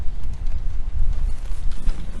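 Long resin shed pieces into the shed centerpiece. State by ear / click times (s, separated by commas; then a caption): not seated / none. Two long resin roof or panel pieces of a US Leisure 10ft x 8ft Keter Stronghold plastic storage shed are handled and lined up against the shed centerpiece, ready to be pushed down so they snap together. A steady low rumble of handling noise with soft bumps runs through the clip. Nothing has seated or clicked yet.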